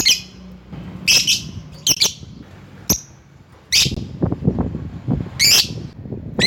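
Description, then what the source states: Lovebird giving shrill, high chirping calls in short bursts separated by pauses, with a low rumbling background between them. Lovebird calling a rival.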